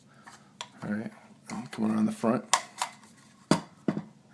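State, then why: Seated. Someone talks while a polymer base plate is slid on from the front onto the bottom of a Magpul PMAG AR-15 rifle magazine body. Short plastic clicks and scrapes sound at 0.6, 2.8 and 3.9 s, with the sharp click of the base plate locking into place at 3.5 s. The base plate is seated on the magazine.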